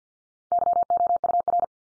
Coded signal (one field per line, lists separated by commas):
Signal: Morse code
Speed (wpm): 50 wpm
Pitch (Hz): 700 Hz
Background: none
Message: YOUR